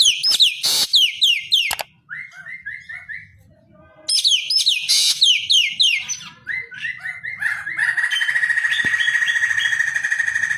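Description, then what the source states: Green magpie singing rapid falling whistles and lower whistled series, ending in a sustained harsh, buzzy, rattling phrase. Described as gacor, meaning singing vigorously.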